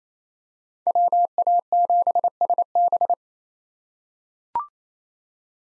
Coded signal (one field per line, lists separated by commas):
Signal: Morse code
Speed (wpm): 28 wpm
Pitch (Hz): 700 Hz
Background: none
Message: WA7SB